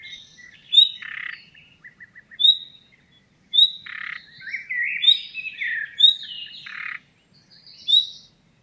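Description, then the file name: Common nightingale song: short scratchy and whistled phrases broken by pauses, with a sharp high note repeated roughly every second. "Luscinia megarhynchos"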